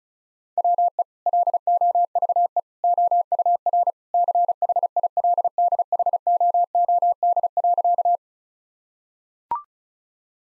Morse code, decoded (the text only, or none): WE LOVE OUR CHILDHOOD.